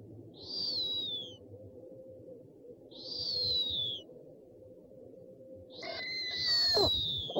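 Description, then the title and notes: Owl calls: three high, thin, downward-sliding whistles about three seconds apart, the last joined by a lower tone and a sharp crackle, over a faint low hum. Compilation of 69 call variants from 11 owl species. "Sovy - Eulen - Owls. 69 variant hlasů - 11 druhů sov"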